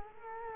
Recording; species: mosquito wingbeat signal from an infrared sensor; Culex quinquefasciatus